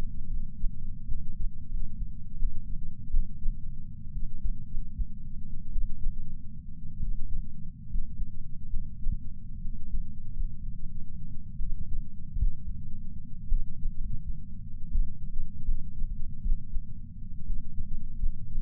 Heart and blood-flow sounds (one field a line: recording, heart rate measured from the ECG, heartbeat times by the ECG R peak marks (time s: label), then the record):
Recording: heart sounds by patch sensor on the chest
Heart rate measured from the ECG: 70 bpm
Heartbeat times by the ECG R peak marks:
0.26 s: heartbeat
1.06 s: heartbeat
1.68 s: heartbeat
2.35 s: heartbeat
3.08 s: heartbeat
4.10 s: heartbeat
4.68 s: heartbeat
5.70 s: heartbeat
6.98 s: heartbeat
7.86 s: heartbeat
8.68 s: heartbeat
9.59 s: heartbeat
10.31 s: heartbeat
11.57 s: heartbeat
12.35 s: heartbeat
13.45 s: heartbeat
13.95 s: heartbeat
14.87 s: heartbeat
15.63 s: heartbeat
16.41 s: heartbeat
17.43 s: heartbeat
18.17 s: heartbeat
From the record:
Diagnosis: coronary artery disease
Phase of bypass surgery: postoperative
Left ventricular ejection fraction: 41.5%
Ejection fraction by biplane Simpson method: 34.6%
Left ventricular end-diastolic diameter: 67 mm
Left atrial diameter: 53 mm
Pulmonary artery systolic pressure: 24 mmHg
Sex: male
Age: 61 years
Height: 174 cm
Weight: 80 kg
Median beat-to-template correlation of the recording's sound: 0.54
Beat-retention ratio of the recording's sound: 0.99